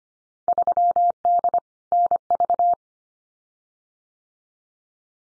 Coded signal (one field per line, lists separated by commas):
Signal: Morse code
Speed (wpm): 25 wpm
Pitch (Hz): 700 Hz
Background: none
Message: 3D NV